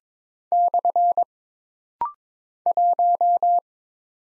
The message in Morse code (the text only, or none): / 1